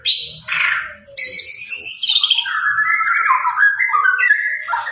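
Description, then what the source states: White-rumped shama song: high whistled notes, a buzzy note, a brief pause, more high notes, then a long run of fluid, wavering mid-pitched whistles. White-rumped shama described as gacor, singing continuously and vigorously; meant to provoke a response from shamas.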